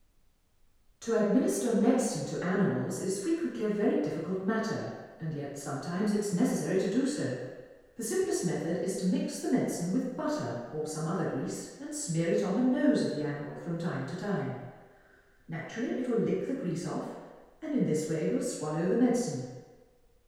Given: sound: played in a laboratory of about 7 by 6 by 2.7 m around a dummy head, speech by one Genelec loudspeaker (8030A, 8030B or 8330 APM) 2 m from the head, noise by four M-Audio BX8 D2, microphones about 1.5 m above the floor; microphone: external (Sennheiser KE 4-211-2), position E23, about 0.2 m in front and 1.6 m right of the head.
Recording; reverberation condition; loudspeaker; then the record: female speech in English; high; 30 degrees to the left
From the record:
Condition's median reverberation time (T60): about 1300 ms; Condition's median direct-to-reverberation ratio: about -4.0 dB